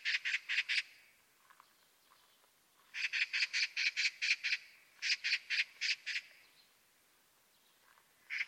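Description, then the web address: Bird giving rapid runs of four to eight rasping, buzzy notes, runs repeated about every two to three seconds with faint softer notes between. "cianscape birddata Deverinetal"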